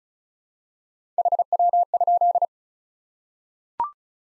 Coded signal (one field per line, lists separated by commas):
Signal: Morse code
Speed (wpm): 34 wpm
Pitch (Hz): 700 Hz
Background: none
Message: HW?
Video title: Top 20 QSO Elements 35wpm